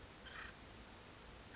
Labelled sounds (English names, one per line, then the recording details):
Acorn Woodpecker
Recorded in Sonoma County, California